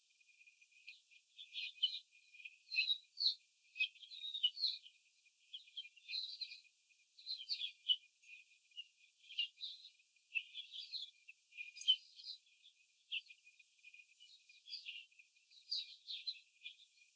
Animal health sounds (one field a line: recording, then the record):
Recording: young laying hens in a cage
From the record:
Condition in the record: after the stressor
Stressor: simulated dog barking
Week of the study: 4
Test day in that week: 3